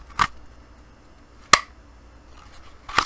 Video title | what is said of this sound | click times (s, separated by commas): Taurus G3C 9mm Holster Unboxing & Review : Forged Tec IWB & OWB | nice clip click to it | 1.5 s